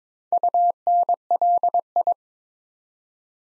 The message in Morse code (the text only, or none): UNLI